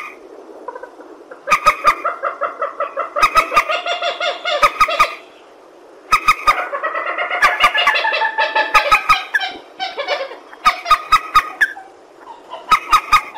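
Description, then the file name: Purple swamphen delivering repeated runs of loud, harsh honking cackles, separated by brief silences, with sharp clicks interspersed. "tieng trich re keu"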